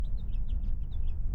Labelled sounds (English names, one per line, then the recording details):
House Finch song
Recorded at Lawrence on Long Island, New York, on 4 June 1975
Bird C